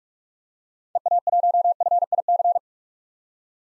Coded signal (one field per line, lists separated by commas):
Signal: Morse code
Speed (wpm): 43 wpm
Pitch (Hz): 700 Hz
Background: none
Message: EA1FIC